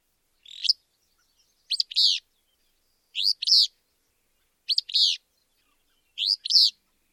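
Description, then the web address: Willow flycatcher song: a burry, sneezy two-part phrase, short buzzy note then a rough slurred one, repeated about every one and a half seconds in silence. "Thumbs Plus Zoo Field Guide"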